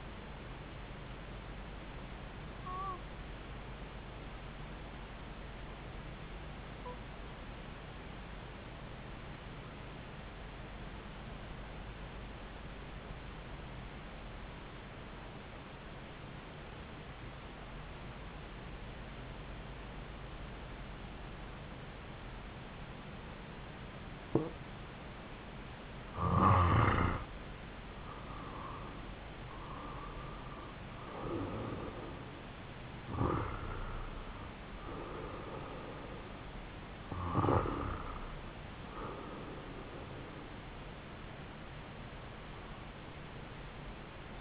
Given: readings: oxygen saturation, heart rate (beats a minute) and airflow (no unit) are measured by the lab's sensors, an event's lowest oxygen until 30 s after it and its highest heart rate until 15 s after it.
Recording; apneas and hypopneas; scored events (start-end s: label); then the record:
breathing in sleep by a voice recorder at the bedside; 1
9.00-26.20 s: obstructive apnea (REM, oxygen 96% highest, then 82% lowest)
From the record:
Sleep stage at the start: REM sleep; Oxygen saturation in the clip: 83 to 96%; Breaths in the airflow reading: 5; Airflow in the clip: -7.6 to 6.8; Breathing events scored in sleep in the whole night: 270 in 6.1 hours asleep